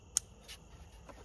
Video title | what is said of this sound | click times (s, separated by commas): How to Replace Purge Valve Jeep Cherokee Trailhawk | listen for it to click like that because you have more room. | 0.2 s